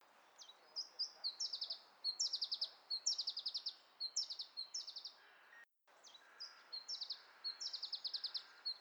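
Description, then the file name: Iberian chiffchaff song: phrases open with a few spaced high notes, then speed into a quick run of sharp chips, repeated several times. "iberischer zilpzalp"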